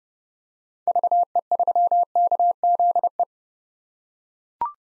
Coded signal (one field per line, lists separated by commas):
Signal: Morse code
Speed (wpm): 30 wpm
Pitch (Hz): 700 Hz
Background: none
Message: VE3KZE